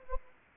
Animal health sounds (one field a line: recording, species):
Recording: mosquito wingbeat signal from an infrared sensor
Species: Anopheles gambiae